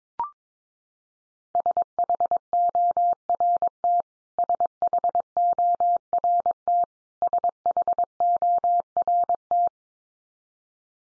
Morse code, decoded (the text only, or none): SHORT SHORT SHORT